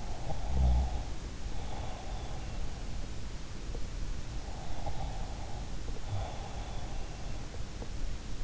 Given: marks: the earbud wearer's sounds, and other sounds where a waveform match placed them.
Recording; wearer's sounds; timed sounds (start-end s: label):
sounds in sleep by an in-ear microphone; breath
0.00-2.63 s: breath
4.73-7.21 s: breath